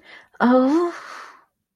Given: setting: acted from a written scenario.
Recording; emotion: vocal sound without words; distress